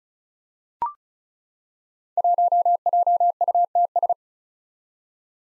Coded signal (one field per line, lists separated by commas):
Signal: Morse code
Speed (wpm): 36 wpm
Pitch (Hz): 700 Hz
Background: none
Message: 1JUTS